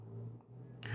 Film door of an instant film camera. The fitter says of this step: close the film door until it clicks the dark side